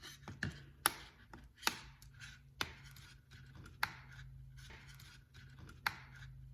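Plastic clips of the cargo net on a BMW E90 seat back are pressed back into the trim one after another around the edge, making sharp snaps at 0.4, 0.9, 2.6, 3.8 and 5.9 seconds over light rubbing and scraping. The sagging net is fixed, with its clips seated back in place.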